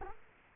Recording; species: mosquito wingbeat signal from an infrared sensor; Culex quinquefasciatus